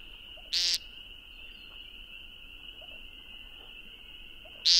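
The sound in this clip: Woodcock gives a harsh buzzy peent, then another about four seconds later, over an unbroken high-pitched insect trill.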